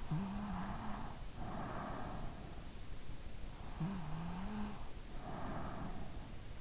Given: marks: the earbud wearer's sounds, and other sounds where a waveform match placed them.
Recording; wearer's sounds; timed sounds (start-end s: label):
sounds in sleep by an in-ear microphone; snoring breath
0.02-2.54 s: snoring breath
3.59-6.20 s: snoring breath